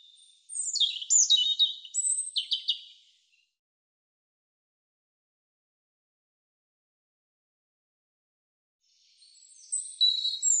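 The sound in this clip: European robin song, two phrases of rapid high tinkling warbles and slurred whistles separated by about six seconds of silence.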